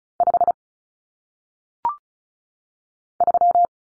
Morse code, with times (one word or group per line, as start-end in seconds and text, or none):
0.2-0.5 5
3.2-3.7 3